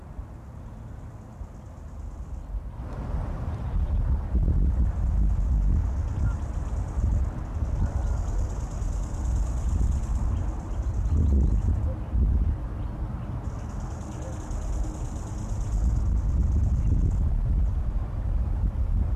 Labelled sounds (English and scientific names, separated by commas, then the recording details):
Bow-winged Grasshopper (Chorthippus biguttulus) stridulation
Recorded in the wild
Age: imago
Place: Strausberg, Annatal, Brandenburg, DE
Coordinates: 52.5533, 13.8808
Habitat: meadow
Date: 1989-08-12 18:00
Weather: bedeckt; 26 °C
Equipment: Riporter 6 RG-K, Sennheiser MKH 416 T, Kopie Uher Report Stereo IC
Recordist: Frommolt, Karl-Heinz